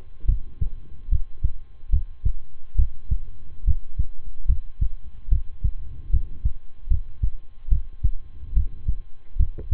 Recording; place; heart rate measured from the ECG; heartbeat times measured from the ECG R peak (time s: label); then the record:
heart sounds by stethoscope; between the tricuspid and mitral areas; 72 bpm
0.25 s: heartbeat
1.08 s: heartbeat
1.89 s: heartbeat
2.75 s: heartbeat
3.64 s: heartbeat
4.45 s: heartbeat
5.28 s: heartbeat
6.10 s: heartbeat
6.87 s: heartbeat
7.68 s: heartbeat
8.53 s: heartbeat
9.36 s: heartbeat
From the record:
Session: rest, lying down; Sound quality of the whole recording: good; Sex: male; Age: 23 years